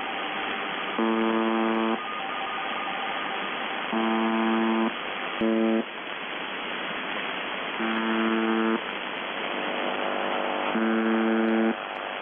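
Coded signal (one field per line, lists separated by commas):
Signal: channel marker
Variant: UVB-76 (The Buzzer)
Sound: five short harsh low buzzes, about one second each, repeating over hiss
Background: radio static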